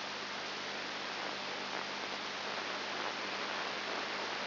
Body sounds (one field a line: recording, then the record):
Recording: brain microelectrode recording played as sound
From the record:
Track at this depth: outside the subthalamic nucleus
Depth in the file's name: 5.7 mm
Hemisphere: left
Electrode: 2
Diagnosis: Parkinson's disease